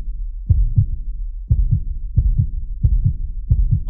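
Deep, muffled paired thumps (lub-dub) of a human heartbeat repeat at about 90 beats a minute, five beats in all, with a faint low hum between beats. A heartbeat sound effect.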